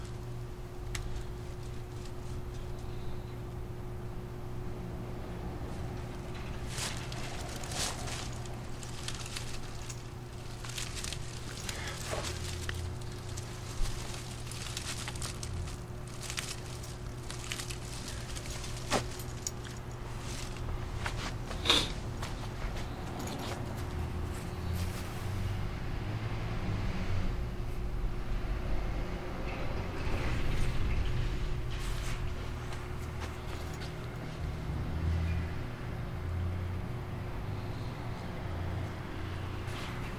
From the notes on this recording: cutting down two small apple trees in our backyard